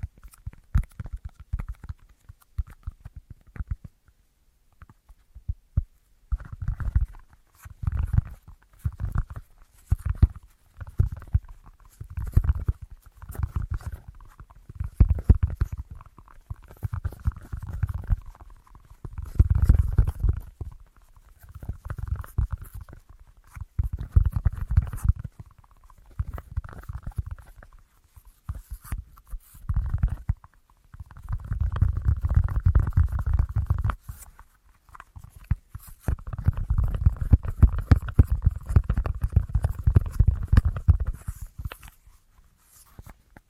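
An assortment of tapping, mostly dull, low thuds played in quick rattling bursts with short pauses between them. After a quiet first few seconds the bursts come steadily, and near the end they run together into longer, denser rolls.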